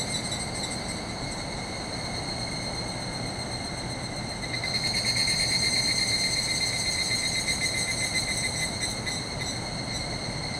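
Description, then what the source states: Evening cicada chorus with a rhythmic pulsed trill surging in halfway through over a constant high drone of others, backed by a low roar of running water. Chorus calling back and forth inside woodland after sunset, 31 July 2020, after heavy late rainy-season rain; swollen distant river roaring; recorded with ZOOM H6 and MKH8020 microphone.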